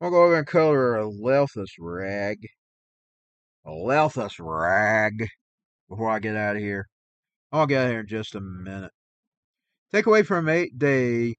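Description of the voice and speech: A man talks in short bursts with long pauses, repeating whole phrases and blurring some words into unclear sounds, with a thick, dark quality on his L sounds. These breaks and distortions fit a speech impediment of unspecified type.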